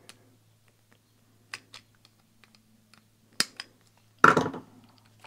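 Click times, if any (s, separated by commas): 4.2 s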